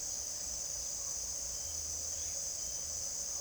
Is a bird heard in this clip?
no